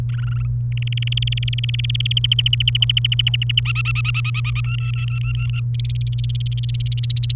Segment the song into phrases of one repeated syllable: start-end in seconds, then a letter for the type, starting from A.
0.09-0.46 A, 0.72-2.19 B, 2.24-3.60 C, 3.65-4.61 D, 4.64-5.60 E, 5.74-7.33 F